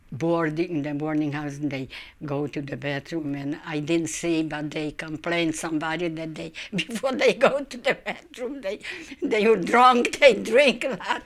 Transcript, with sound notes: boarding in the boarding house, and they go to the bathroom, and I didn't see, but they complain somebody that they ( she laughs ) before they go to the bathroom, they were drunk, they drink a lot.